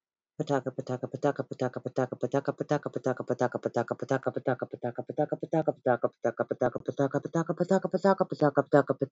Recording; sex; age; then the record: repeated syllables /pa ta ka/; female; 30 to 39 years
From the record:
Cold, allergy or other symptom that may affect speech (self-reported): no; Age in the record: 32 years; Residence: United States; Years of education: 16